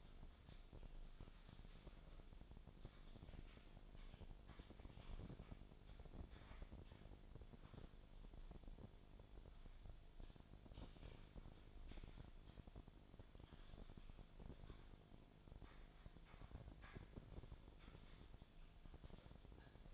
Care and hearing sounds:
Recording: daily activity, microphone in the room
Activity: typing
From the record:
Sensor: 5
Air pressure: 1009.6 hPa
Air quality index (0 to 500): 168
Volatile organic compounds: 4 ppm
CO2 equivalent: 1629 ppm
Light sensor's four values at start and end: 104/275/112/120 and 104/275/113/120

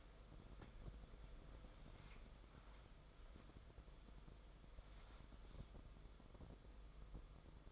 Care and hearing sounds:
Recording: daily activity, microphone in the room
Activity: wipe stove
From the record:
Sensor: 5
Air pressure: 994.6 hPa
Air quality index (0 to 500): 182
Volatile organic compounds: 1000 ppm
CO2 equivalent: 5314 ppm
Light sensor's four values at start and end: 43/129/51/56 and 40/118/48/51

